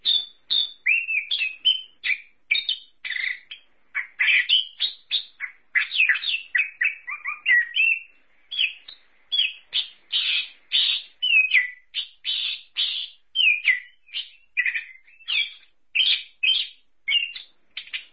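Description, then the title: Thrush in sustained varied song, rapid strings of sharp notes and whistles with only brief pauses throughout. "burung anis x"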